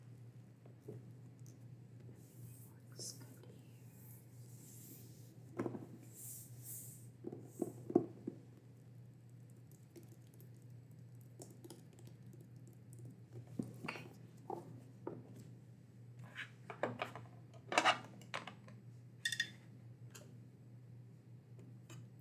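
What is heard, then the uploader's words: A librarian handles books over a steady low hum, with scattered soft thumps, page rustles and sharp clatters bunching around seventeen to twenty seconds. Librarian Checking Books ASMR. I will be checking through and prepping books for the library. There are some noise issues in this one.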